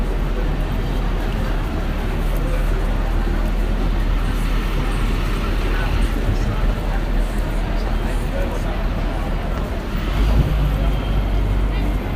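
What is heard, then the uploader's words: A busy city street hums with a dense, steady low rumble of traffic, indistinct voices mixed in, and a brief heavier surge near ten seconds. Walking On 42nd St.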